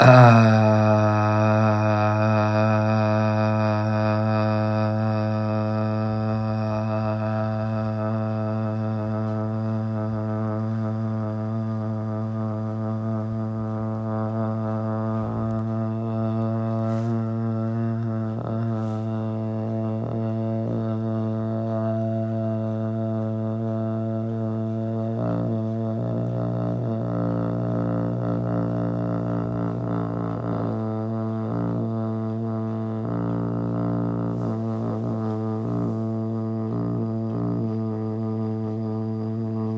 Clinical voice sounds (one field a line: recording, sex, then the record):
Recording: sustained vowel /a/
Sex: male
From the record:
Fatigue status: fatigue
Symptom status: symptomatic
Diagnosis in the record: COVID-19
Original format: m4a